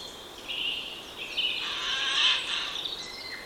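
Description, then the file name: Eurasian jay giving a harsh, rasping screech that swells and fades over a few seconds against steady background hiss. "Garrulus glandarius"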